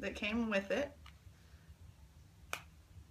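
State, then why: Seated. A plastic roller-ball fitment set loosely on a glass essential-oil bottle is forced down by screwing on the lid until it seats in the bottle neck. Someone talks at the start, a faint tick follows at 1.1 s, and a sharp pop at 2.5 s marks the fitment seating and the bottle being secure.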